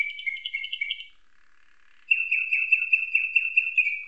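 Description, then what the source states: Atlantic canary song: a warbled trill, a short pause, then a rapid rolling phrase of downward-sweeping notes repeated evenly several times a second. Canary song tutored with nightingale song, a style called isian nightingale.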